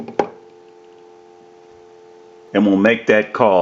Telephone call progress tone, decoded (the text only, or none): dial tone